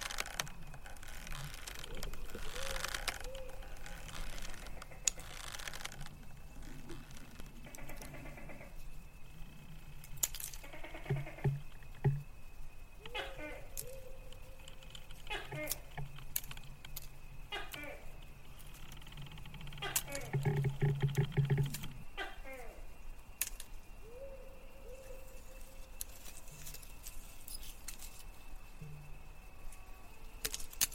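A female ghost's voice calls out in drawn-out, wavering phrases, swelling strongest around 3, 16 and 21 seconds. A low steady drone and a thin high whine run underneath throughout, with scattered clicks and taps between the calls.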